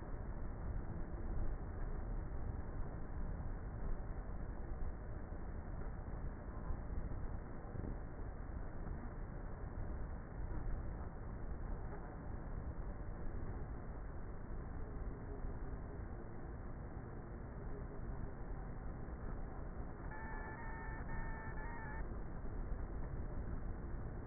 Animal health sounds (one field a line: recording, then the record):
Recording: honeybee colony, microphone inside the hive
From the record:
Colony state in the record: queenless with a low population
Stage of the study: before two queens were removed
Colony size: about 30,000 bees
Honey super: no